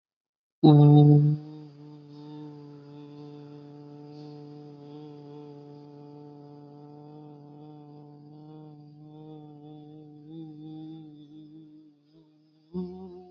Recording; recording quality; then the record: sustained vowel as in boot; excellent, no background noise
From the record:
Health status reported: healthy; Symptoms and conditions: none ticked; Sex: male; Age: 20 years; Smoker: not ticked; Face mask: not worn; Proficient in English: yes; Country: India